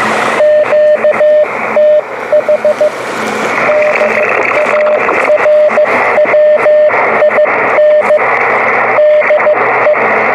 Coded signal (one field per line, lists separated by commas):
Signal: Morse code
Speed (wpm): 15 wpm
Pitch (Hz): 600 Hz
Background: radio noise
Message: QTH DARWIN DE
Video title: 28 MHz Wadetenna beam on the beach